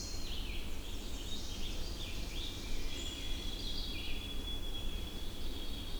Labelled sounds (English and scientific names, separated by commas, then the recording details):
Red-eyed Vireo (Vireo olivaceus) song
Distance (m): 75 m
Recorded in boreal forest in Alberta, Canada, on 20 June 2016 at 08:05
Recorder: SongMeter 3, array SBT-6-81
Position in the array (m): 43 m, 216 m